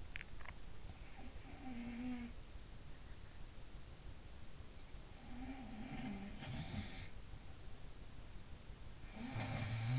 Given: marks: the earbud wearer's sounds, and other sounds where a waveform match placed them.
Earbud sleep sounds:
sounds in sleep by an in-ear microphone; swallowing
0.00-0.75 s: swallowing
0.16-2.37 s: sound from someone else or the room
5.09-7.11 s: sound from someone else or the room
9.08-9.99 s: sound from someone else or the room

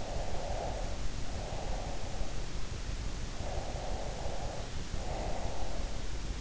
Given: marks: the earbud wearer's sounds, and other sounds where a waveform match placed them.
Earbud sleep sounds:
sounds in sleep by an in-ear microphone; breath
0.03-2.45 s: breath
3.45-6.04 s: breath

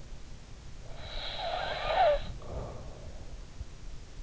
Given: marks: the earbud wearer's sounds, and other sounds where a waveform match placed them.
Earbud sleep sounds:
sounds in sleep by an in-ear microphone; snoring breath
0.95-3.23 s: snoring breath

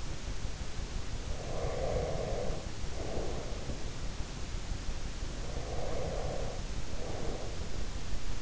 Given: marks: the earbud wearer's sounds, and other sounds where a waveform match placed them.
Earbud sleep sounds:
sounds in sleep by an in-ear microphone; breath
1.22-3.95 s: breath
5.42-8.42 s: breath

